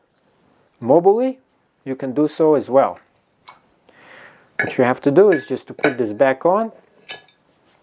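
Someone talks while handling the handle piece of a 2-in-1 landmine-styled adjustable kettlebell and dumbbell, getting ready to put it back onto the kettlebell body, with a few short knocks and clinks between phrases around 3.5 s, 3.9 s and 7.3 s. The clip ends before the part goes home, and nothing has seated or clicked yet.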